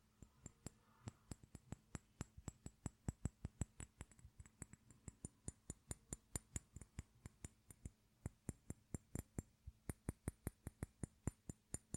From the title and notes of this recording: Metal tapping, wood tapping, plastic tapping, and glass tapping.